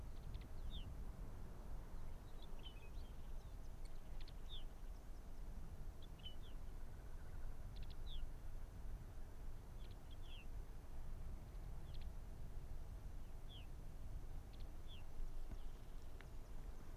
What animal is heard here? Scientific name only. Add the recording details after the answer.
Vulpes lagopus. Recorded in the wild. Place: Insel Mednyi, Kommandeur-Inseln, RU. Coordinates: 54.5167, 168.083. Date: 1999-06-29 19:47. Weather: 7°C, stark windig. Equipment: Sony WM-D6C, Sennheiser ME 80, K 30 AV, Windkorb, Kopie Tascam DA 30. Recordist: Jakupi, Antje